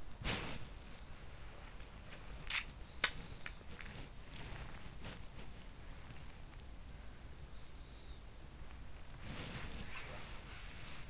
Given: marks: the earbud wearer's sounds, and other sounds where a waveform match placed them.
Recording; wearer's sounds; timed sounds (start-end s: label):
sounds in sleep by an in-ear microphone; body movement
0.00-0.64 s: body movement
9.26-11.10 s: body movement